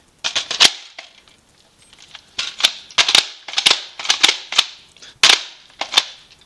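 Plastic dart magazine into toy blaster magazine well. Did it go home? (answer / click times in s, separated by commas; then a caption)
no / none. A plastic dart magazine is pushed again and again into the magazine well of a Nerf Modulus Recon Mk II toy blaster, producing a run of sharp, bright plastic knocks and rattles. The magazine fails to lock: a nub stops it sliding far enough to lock into place, and nothing has seated or clicked.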